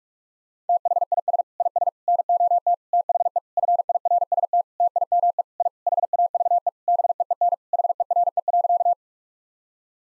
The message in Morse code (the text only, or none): THIS IS NOT THE FIRST TIME I HAVE BEEN HERE.